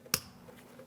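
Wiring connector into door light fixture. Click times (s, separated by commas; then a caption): 0.1 s. An electrical wiring connector is pushed onto the door light fixture of a 2001-2006 Chevrolet Silverado 2500 HD. A single sharp, bright click sounds at 0.1 s against a quiet background, and the connector is seated.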